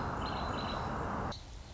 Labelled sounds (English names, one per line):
Song Sparrow